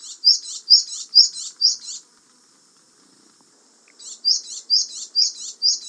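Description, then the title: Japanese tit giving high, sharp two-part notes repeated about twice a second, a two-second run, a pause with faint hiss, then another run. "suara burung gelatik batu jepang"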